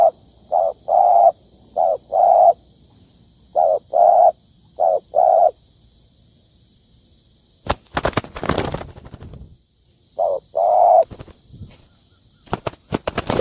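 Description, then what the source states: Spotted dove giving low, rounded coos in quick phrases, then a burst of crackling noise before one more short coo phrase. Cooing (Vietnamese: gáy).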